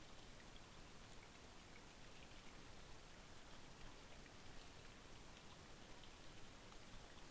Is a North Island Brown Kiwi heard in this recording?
no